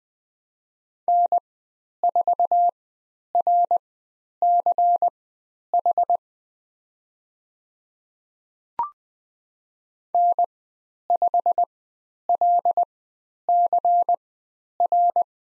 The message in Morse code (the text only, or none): N4RCH N5LCR